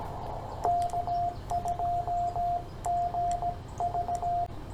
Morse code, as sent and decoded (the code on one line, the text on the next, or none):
-.- ..--- --. ...-
K2GV